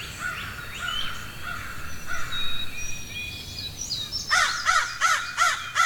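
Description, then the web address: Crow cawing, several loud harsh caws in a run near the end, with fainter caws and other birds' thin chirps and whistles earlier. Forest ambience with crows and other birds chirping. "Wav Junction Sound Effects - Ambience Forest Crows Birds Chirping"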